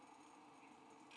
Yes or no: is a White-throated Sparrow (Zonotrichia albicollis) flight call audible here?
no